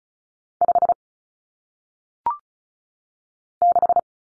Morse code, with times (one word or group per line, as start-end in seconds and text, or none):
0.6-0.9 5
3.6-4.0 6